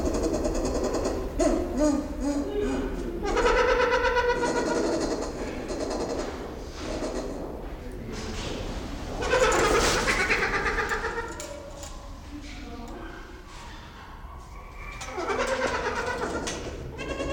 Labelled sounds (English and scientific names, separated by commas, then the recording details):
Trumpeter Hornbill (Bycanistes bucinator)
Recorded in captivity
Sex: pair
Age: adult
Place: Zoo Berlin, Berlin, DE
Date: 1992-12-05 11:42
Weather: schwach sonnig, ca. 4°C
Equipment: Marantz CP 430, Sennheiser ME 80, Kopie Tesla B 116
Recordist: Tembrock, Günter